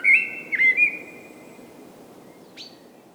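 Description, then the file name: Common blackbird giving a brief warbled whistle with high scratchy notes, then a single sharp chip after a pause, against faint hiss. "Common Blackbird Turdus merula"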